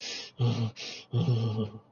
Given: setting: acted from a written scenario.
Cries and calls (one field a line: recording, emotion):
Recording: vocal sound without words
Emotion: contempt